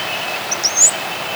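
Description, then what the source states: Shiny Cowbird giving thin, very high whistled notes, two short ones then a longer rising tseee, over steady background noise. Flight call; the flight whistle is a short rising tseeee.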